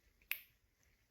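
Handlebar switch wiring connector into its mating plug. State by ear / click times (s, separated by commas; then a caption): seated / 0.3 s. The electrical connector of a BMW GS/GSA motorcycle handlebar switch is pushed all the way into its mating plug behind the handlebar. After a faint tick at 0.2 s, a single sharp, bright snap at 0.3 s marks the connector clicking in and latching, with a short ring that fades within about two tenths of a second. The connector is seated.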